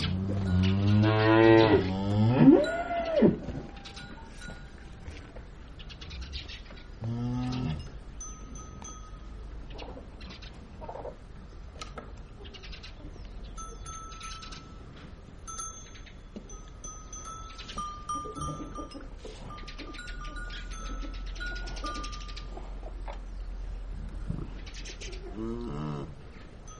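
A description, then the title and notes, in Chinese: A cow lows loudly at the start, with shorter moos around seven seconds and again near the end. Small birds chirp and twitter steadily throughout, thin and bright against a low, constant outdoor rumble in a farmyard. 藏民家的院子里 鸟和奶牛在争食。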